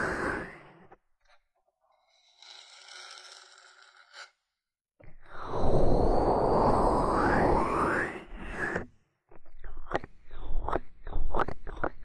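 Ear cleaning and massage sounds come in separate bursts with silent gaps between them. A soft, brushy rubbing appears early on. From about five to nine seconds there is a loud, dense, muffled scrubbing. After that, short sharp scratches and taps follow one another quickly.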